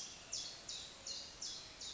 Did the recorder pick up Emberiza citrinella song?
no